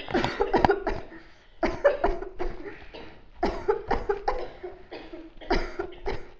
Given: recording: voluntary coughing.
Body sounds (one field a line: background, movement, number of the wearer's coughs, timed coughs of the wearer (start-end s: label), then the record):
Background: a bystander coughing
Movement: sitting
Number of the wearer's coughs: 11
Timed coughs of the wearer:
0.12-0.49 s: cough
0.51-0.79 s: cough
0.85-1.12 s: cough
1.60-1.96 s: cough
2.01-2.28 s: cough
2.28-2.78 s: cough
3.40-3.78 s: cough
3.88-4.18 s: cough
4.25-4.53 s: cough
5.48-5.88 s: cough
5.98-6.32 s: cough
From the record:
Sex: female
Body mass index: 18.8 kg/m2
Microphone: on the chest, facing outward